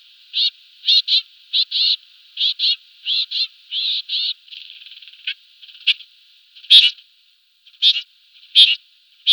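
Trumpeter finch calls: a series of short nasal buzzy notes, later sharper clipped chirps at irregular intervals.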